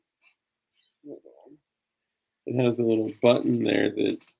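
A rear clamp on a firearm accessory mount, released with a small button, is being handled before it is pushed closed. Faint short sounds come around 1.1 to 1.5 seconds, then someone talks from about 2.5 seconds to the end. The clamp has not yet snapped shut or locked in place when the clip ends.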